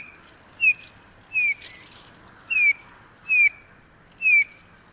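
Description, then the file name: Eurasian bullfinch uttering five soft, falling piped whistles roughly a second apart. "Pyrrhula pyrrhula"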